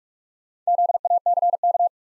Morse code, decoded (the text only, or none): ZACK